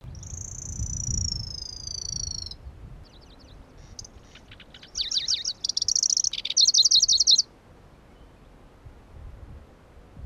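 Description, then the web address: Pallas's grasshopper warbler song: a long, high whistle, then soft ticks leading into a loud, rapid, buzzy trill lasting several seconds. Recorded at Kuda on 25 June 2012. "June 25 2012 Lcertiola Kuda"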